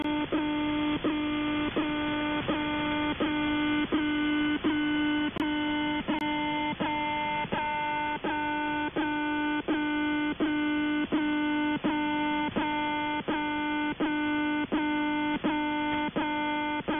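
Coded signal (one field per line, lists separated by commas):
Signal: channel marker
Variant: The Alarm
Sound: harsh low buzzing tone repeating in rapid segments, about 22 over 17 seconds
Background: radio static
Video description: "The Alarm" is a Russian military station that broadcasts on 4770 kHz USB.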